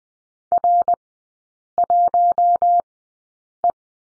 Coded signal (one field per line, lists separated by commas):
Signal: Morse code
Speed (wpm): 20 wpm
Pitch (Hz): 700 Hz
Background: none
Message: R1E